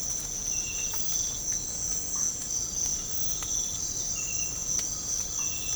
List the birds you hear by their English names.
none